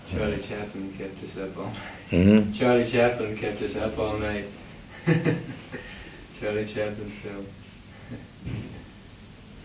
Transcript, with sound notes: Charlie Chaplin kept us up all night.
Hmm.
Charlie Chaplin kept us up all night. [laughs] Charlie Chaplin film.
Hmm.